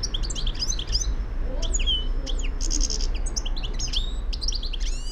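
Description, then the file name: European goldfinch in a lively stream of high chirps, trills and buzzy twitters, broken by brief pauses, over a constant low-frequency rumble. "Carduelis carduelis"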